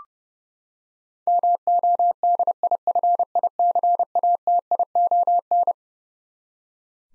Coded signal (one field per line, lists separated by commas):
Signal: Morse code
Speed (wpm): 32 wpm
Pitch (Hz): 700 Hz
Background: none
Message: MODIFICATION